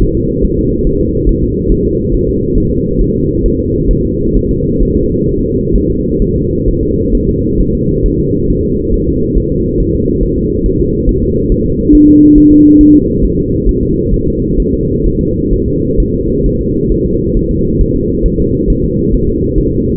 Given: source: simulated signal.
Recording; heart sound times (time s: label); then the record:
fetal heart sounds
0.02 s: S1
0.17 s: S2
0.45 s: S1
0.59 s: S2
0.87 s: S1
1.01 s: S2
1.29 s: S1
1.44 s: S2
1.72 s: S1
1.86 s: S2
2.15 s: S1
2.29 s: S2
2.58 s: S1
2.72 s: S2
3.02 s: S1
3.16 s: S2
3.46 s: S1
3.60 s: S2
3.91 s: S1
4.05 s: S2
4.36 s: S1
4.51 s: S2
4.83 s: S1
4.97 s: S2
5.29 s: S1
5.43 s: S2
5.75 s: S1
5.90 s: S2
6.22 s: S1
6.36 s: S2
6.68 s: S1
6.83 s: S2
7.15 s: S1
7.29 s: S2
7.61 s: S1
7.75 s: S2
8.06 s: S1
8.20 s: S2
8.50 s: S1
8.65 s: S2
8.94 s: S1
9.09 s: S2
9.38 s: S1
9.52 s: S2
9.80 s: S1
9.95 s: S2
10.23 s: S1
10.38 s: S2
10.66 s: S1
10.80 s: S2
11.09 s: S1
11.23 s: S2
11.52 s: S1
11.66 s: S2
11.95 s: S1
12.09 s: S2
12.38 s: S1
12.52 s: S2
12.81 s: S1
12.95 s: S2
13.24 s: S1
13.39 s: S2
13.69 s: S1
13.83 s: S2
14.14 s: S1
14.28 s: S2
14.60 s: S1
14.74 s: S2
15.06 s: S1
15.21 s: S2
15.53 s: S1
15.68 s: S2
16.00 s: S1
16.14 s: S2
16.46 s: S1
16.61 s: S2
16.92 s: S1
17.06 s: S2
17.37 s: S1
17.51 s: S2
17.81 s: S1
17.96 s: S2
18.26 s: S1
18.40 s: S2
18.70 s: S1
18.84 s: S2
19.14 s: S1
19.29 s: S2
19.58 s: S1
19.73 s: S2
From the record:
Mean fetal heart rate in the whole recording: 135 bpm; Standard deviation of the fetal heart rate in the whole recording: 3 bpm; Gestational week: 36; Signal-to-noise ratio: -10.2 dB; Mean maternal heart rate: 72 bpm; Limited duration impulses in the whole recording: present